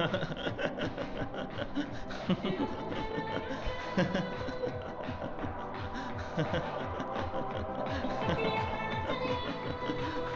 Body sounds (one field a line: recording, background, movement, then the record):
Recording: laughter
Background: music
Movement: walking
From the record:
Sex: male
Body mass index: 22.0 kg/m2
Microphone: on the chest, facing outward